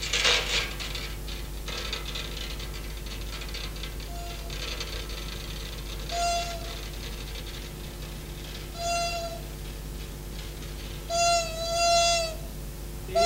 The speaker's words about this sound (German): Dieses hier heißt die Zeit. Gegen die Kalebasse schlagen Uhrfedern aus alten großen Wanduhren.